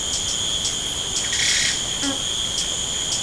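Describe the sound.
Grassbug call, a steady, unbroken high-pitched buzz held throughout, with a few soft clicks and a brief rustle partway through.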